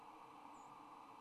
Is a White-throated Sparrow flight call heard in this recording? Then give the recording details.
yes. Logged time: 07:25 on 26 November 2014